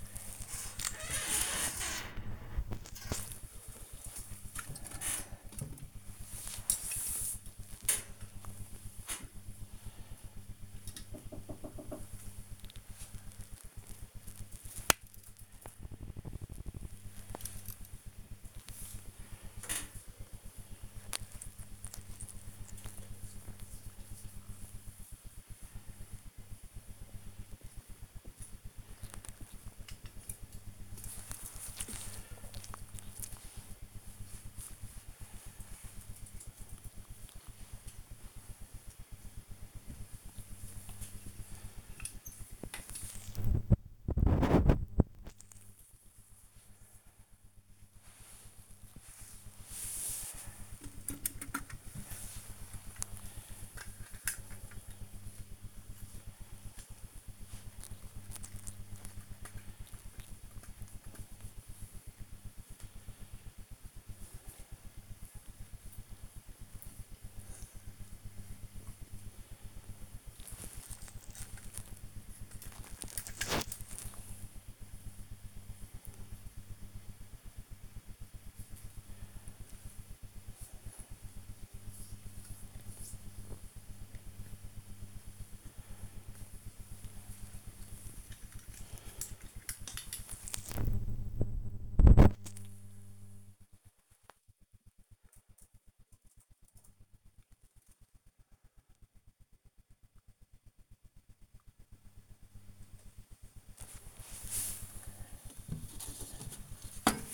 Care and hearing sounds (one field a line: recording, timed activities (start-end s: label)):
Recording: household activities, microphone on the right wrist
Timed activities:
0.00-13.08 s: dusting model cars
17.11-93.61 s: dusting model cars
102.67-107.33 s: dusting model cars